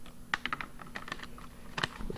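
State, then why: Seated. A plastic instant film pack is slid into the open back of a Polaroid 100 Automatic Land Camera, a folding instant camera, and pushed down until it seats. A run of short, sharp plastic clicks and rattles follows, with the strongest snap at 0.3 s as the pack snaps into place, and smaller clicks continue through the clip. The film pack is seated.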